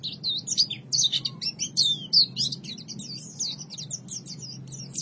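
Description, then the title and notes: White-eye song: a continuous jumble of high, thin twittering and warbled notes, with quick rising and falling slurs running without pause, over a low background hum. "Kicauan Burung Pleci Durasi Panjang. Suara kicauan burung pleci"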